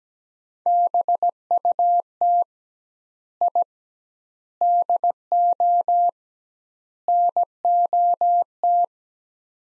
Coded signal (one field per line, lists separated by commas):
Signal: Morse code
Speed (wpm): 17 wpm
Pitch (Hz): 700 Hz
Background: none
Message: BUT I DO NOT